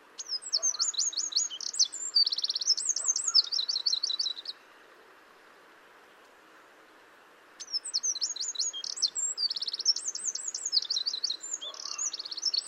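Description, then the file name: Eurasian wren song given twice, each a vigorous stream of piercing trills and rapid twitters, separated by about three seconds of quiet. "Troglodytes troglodytes"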